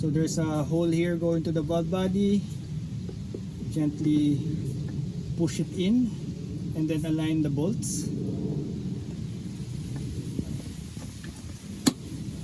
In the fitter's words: Oh, if you hear the click, you're already good.